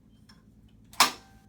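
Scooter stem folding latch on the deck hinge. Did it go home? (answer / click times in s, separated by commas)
yes / 0.3 s, 0.9 s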